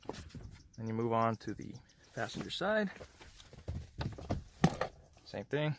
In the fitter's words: then right here you'll feel that pop into place